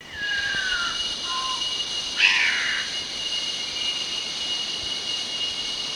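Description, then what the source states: Bornean bristlehead calling: a falling whistled slur, a short low note, then a harsh burst, over a steady high insect drone. Recorded in Danum Valley on 1 March 2008.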